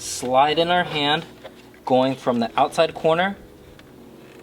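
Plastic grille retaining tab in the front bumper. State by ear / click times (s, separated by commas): released / 3.8 s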